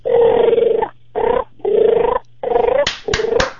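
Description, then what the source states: Sandhill Crane calls: loud rolling, rattling bugles in several bursts, each a throaty gurgling trill lasting under a second, with sharp clicks near the end. Migrates from Canada down to Texas; the call is likened to gargling.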